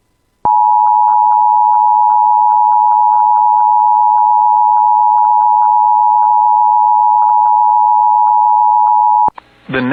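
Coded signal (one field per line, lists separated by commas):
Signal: Emergency Alert System (SAME) tones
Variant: 853 and 960 Hz attention tone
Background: speech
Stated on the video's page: Tornado Warning issued by the National Weather Service.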